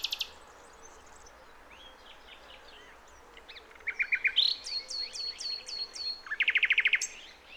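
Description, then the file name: Common nightingale song opening with brief notes and soft whistles, then a series of repeated down-slurred notes and a fast, dry rattling trill to finish. "Luscinia megarhynchos"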